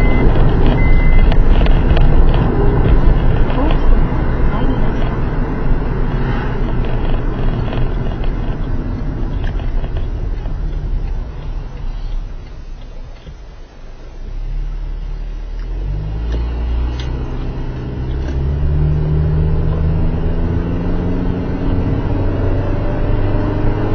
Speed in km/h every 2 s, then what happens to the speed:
47, 47, 43, 32, 20, 9, 2, 5, 15, 24, 32, 39.
0-12 brakes to 2. 12-24 pulls away to 39.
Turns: none.